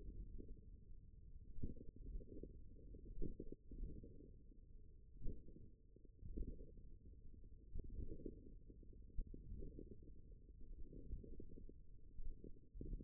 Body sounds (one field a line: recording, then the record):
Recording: forearm muscle sounds (acoustic myography)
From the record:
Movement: index flexion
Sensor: system 1, eight BSWA MPA416 microphones around the upper forearm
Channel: 3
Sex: male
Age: 41 years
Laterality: right